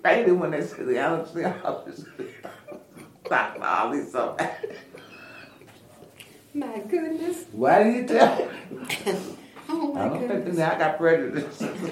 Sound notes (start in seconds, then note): 1.4 laughter; 4.5 laughter; 8.2 laughter